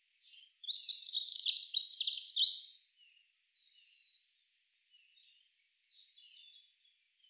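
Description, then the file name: Eurasian blue tit calls: a two-second burst of high, jumbled, scratchy chattering notes, then near silence with a few faint high squeaks. "Cyanistes caeruleus"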